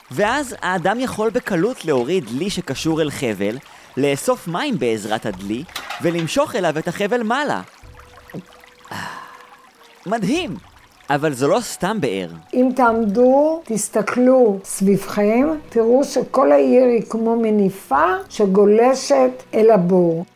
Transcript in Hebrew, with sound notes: ואז האדם יכול בקלות להוריד דלי שקשור אל חבל, לאסוף מים בעזרת הדלי ולמשוך אליו את החבל מעלה. מדהים! (סאונד של לגימה) אבל זו לא סתם באר!
אם תעמדו, תסתכלו סביבכם, תראו שכל העיר היא כמו מניפה, שגולשת אל הבור.